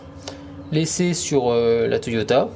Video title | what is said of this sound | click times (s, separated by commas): Clé Dynamométrique Elite qualité Pro | on s'est rendu à les entendre le clic ça veut dire que je suis bien serré au couple donc | 0.2 s, 0.3 s